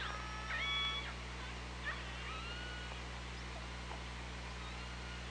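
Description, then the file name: Killer whale calls underwater, a bright tonal squeal with bending harmonics early, then fainter sweeping calls, over steady low hum. Recorded by OrcaLab hydrophone, 24 August 2017, 15:55:35. "Orca Lab UTLN JASON 20170824 155535 ORCALABDYNI"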